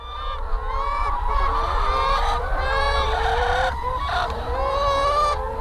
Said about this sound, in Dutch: Zijn ze aan het jammeren? Nee, als we dit horen, je hoort de kippen kakelen. Maar wij noemen dat praten. En hoe meer geluid, hoe meer die kip praat, hoe tevreden die is. Dus hij is gewoon heel, heel blij, zit hij in zijn vel,